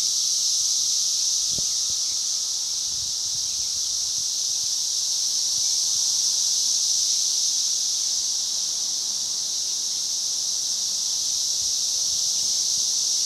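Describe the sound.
Cicada giving a continuous high, hissing whine at steady volume, with a brief low thump early on.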